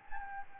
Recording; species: mosquito wingbeat signal from an infrared sensor; Anopheles gambiae